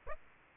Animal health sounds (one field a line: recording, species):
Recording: mosquito wingbeat signal from an infrared sensor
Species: Aedes aegypti